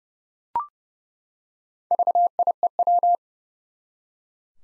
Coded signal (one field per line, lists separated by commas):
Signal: Morse code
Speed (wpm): 30 wpm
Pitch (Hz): 700 Hz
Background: none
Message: VIEW